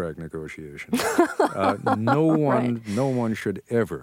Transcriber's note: laughs